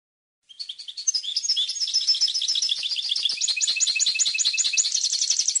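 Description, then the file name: European goldfinch song, a bright, continuous twitter of quick chirps and jingling notes lasting about five seconds. "audio burung goldfinch"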